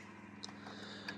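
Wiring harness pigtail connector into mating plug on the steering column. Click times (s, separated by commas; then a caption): 0.4 s, 1.1 s. Small wiring harness pigtail connectors for the fog light switch and stalk on a Subaru BRZ Premium are pushed into their mating plugs behind the steering column. Two sharp clicks are heard at 0.4 s and 1.1 s over a steady low hum, and both connectors seat.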